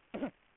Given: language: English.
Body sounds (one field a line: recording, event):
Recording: throat vibration sensor signal played as sound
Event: cough